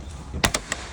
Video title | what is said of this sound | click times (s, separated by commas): Getting Familiar with the Carbon RXC Twin-turbo! | and then it just clicks into place and you're all done with that | 0.5 s